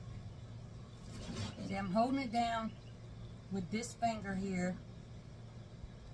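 A plastic zip tie is lined up around ribbon loops of a gathered bow held between dowels, pressed down with a finger before being pulled tight; it must face the right way or it won't click. Someone talks over a low steady hum. Nothing has clicked yet.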